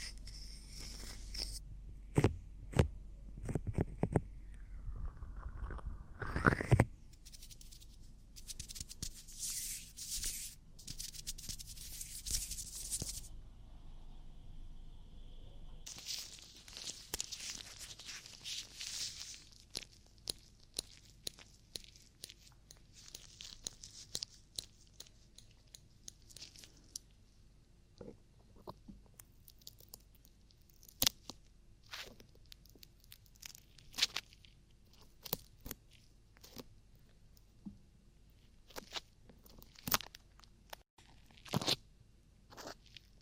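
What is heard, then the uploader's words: Ear cleaning sounds: dense crackling, scratching and rustling with sharp clicks scattered throughout. The first fifteen seconds are busier, with bursts of bright hiss and brushing, then it settles into quieter, sparser crinkles and taps. ASMR Relaxing Ear Cleaning & Ear Attention [NO TALKING].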